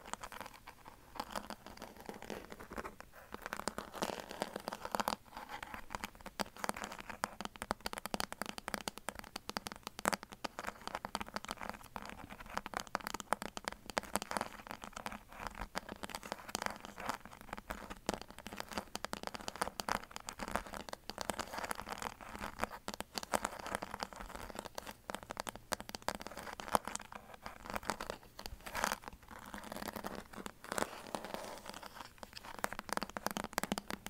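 Dense, continuous tapping and scratching, with crisp crinkly clicks and rustles running steadily throughout.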